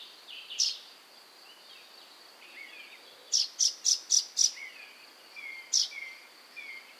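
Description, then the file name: Common chaffinch giving short, sharp high calls: one single note, a quick burst of five, then another single note, with faint twittering birds and a steady high insect hum. "Fringilla coelebs"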